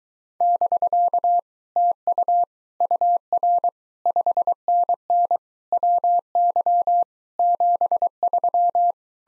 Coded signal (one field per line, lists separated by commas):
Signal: Morse code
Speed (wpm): 24 wpm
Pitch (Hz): 700 Hz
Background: none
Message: <BK> TU UR 5NN WY 73